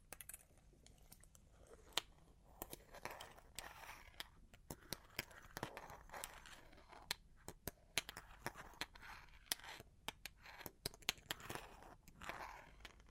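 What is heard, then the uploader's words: Long claws tap and scratch in an irregular stream of sharp, bright clicks, several per second, with brief pauses near 5 and 10 seconds. Between the taps runs a soft, raspy scraping, and louder isolated clicks stand out around 2, 8 and 11 seconds. Long Claws Tapping and Scratching (No Talking).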